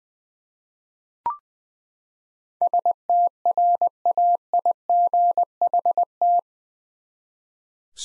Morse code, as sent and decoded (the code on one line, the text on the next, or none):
... - .-. .- .. --. .... -
STRAIGHT